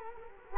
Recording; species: mosquito wingbeat signal from an infrared sensor; Culex quinquefasciatus